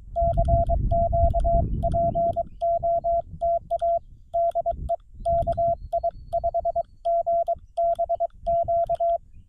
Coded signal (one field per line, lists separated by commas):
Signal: Morse code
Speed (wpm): 23 wpm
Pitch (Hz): 680 Hz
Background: none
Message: CQ POTA DE KI5GBQ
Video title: CW POTA at Black Kettle National Grasslands